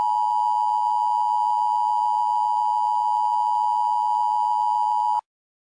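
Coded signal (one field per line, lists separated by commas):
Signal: Emergency Alert System (SAME) tones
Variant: 853 and 960 Hz attention tone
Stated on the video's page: Recreated tornado warning EAS alert.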